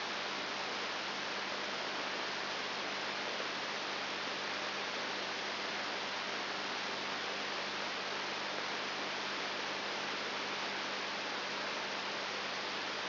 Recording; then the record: brain microelectrode recording played as sound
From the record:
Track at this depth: inside the subthalamic nucleus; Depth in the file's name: 3.901 mm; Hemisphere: left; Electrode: 3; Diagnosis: Parkinson's disease